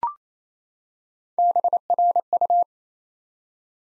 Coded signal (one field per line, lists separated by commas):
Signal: Morse code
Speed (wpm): 29 wpm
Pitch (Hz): 700 Hz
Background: none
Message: BRU